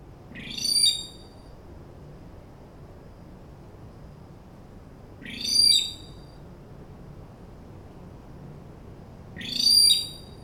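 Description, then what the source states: Lord Howe rail calls: three short, harsh, piercing high notes, one every four to five seconds, against a quiet background. Flightless rail of Lord Howe Island, Tasman Sea between Australia and New Zealand; driven to near extinction by habitat destruction and introduced mammals.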